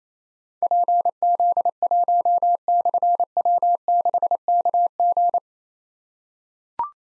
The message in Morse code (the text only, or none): PZ1/W6KG